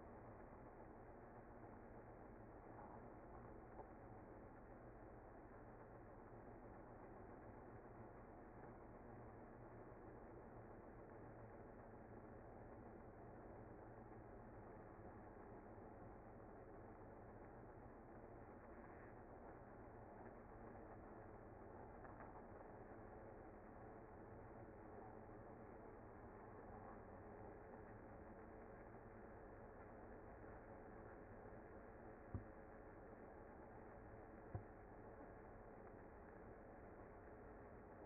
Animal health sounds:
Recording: honeybee colony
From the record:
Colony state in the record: active

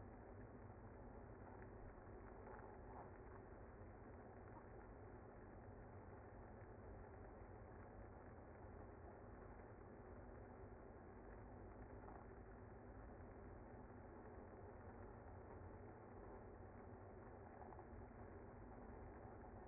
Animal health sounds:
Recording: honeybee colony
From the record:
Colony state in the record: active

